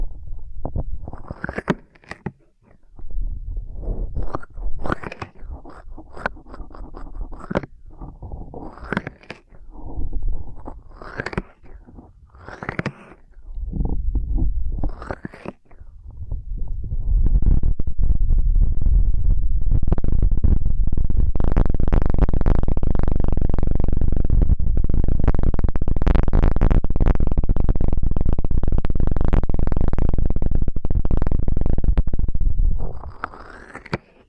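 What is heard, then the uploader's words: Ear cleaning sounds: for the first fifteen seconds, rubbing and scratching bursts repeat about once a second, each ending in a bright crackle. After a brief pause, a dense, loud, steady rumbling scrape holds from about seventeen seconds nearly to the end. ASMR Intense Electrifying Ear Cleaning.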